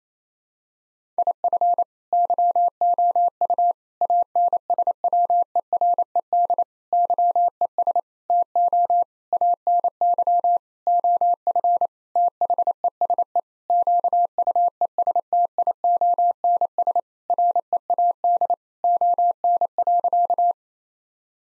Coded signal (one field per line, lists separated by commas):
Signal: Morse code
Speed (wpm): 28 wpm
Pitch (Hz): 700 Hz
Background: none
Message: IF YOU ANSWERED YES TO ANY OF THESE QUESTIONS READ ON.